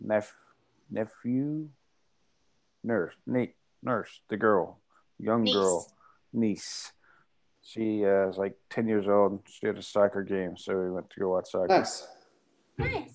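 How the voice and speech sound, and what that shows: Halting adult male speech with long pauses, cycling through wrong words (nephew, nurse, Nate) before reaching 'niece': aphasia with word-finding difficulty in a stroke survivor.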